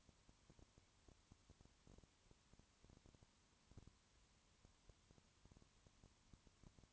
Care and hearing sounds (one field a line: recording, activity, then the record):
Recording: daily activity, microphone in the room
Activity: no activity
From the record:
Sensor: 3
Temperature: 20.5 degrees Celsius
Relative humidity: 34.6%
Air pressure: 1001.0 hPa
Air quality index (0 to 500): 195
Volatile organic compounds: 6 ppm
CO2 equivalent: 1859 ppm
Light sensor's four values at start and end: 2/3/2/2 and 2/3/2/2